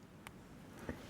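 A black Master Lock LOTO 410 six-pin safety padlock is picked with a hook pick under tension: the last pin is set, the plug turns, and the steel shackle pops free of the lock body with a sharp click at 0.3 s. A duller, lower knock follows at about 0.9 s over quiet background noise, and the lock ends up picked open.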